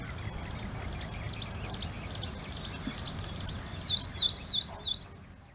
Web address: Ashy Prinia